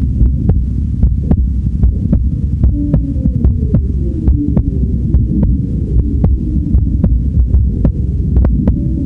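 A layered soundscape of human heartbeats over a low throbbing hum, with the beat pulsing at roughly 73 per minute.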